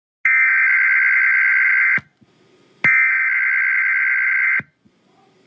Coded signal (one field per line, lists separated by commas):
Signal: Emergency Alert System (SAME) tones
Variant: header bursts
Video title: Angry EAS: Excessive Heat Warning